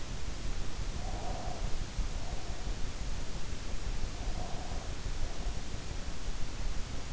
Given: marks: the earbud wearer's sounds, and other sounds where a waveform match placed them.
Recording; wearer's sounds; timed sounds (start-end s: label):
sounds in sleep by an in-ear microphone; breath
0.84-2.92 s: breath
4.03-5.94 s: breath